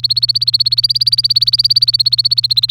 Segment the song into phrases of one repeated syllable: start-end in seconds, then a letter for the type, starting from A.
0.00-2.71 A